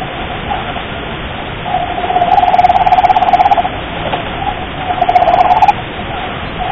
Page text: 相模湾産スナガニ類二種の鳴き声ー昭和天皇もお聞きになられたー 元 真鶴町立遠藤貝類博物館長 渡部 孟（わたべ・たけし） A. スナガニの発する大きく繰り返す音